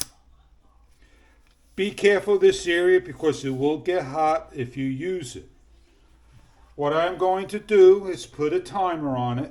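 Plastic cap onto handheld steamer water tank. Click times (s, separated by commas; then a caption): 0.0 s. The plastic cap on the water tank of an Oragerju 2 in 1 handheld clothes steamer is closed and turned so its two notches lock in, giving a sharp click at 0.0 s. The cap is seated, and after a short pause someone talks.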